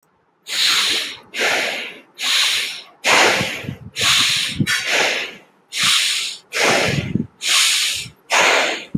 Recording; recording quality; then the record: shallow breathing; excellent, no background noise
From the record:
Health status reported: healthy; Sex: male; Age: 23 years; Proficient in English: yes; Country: India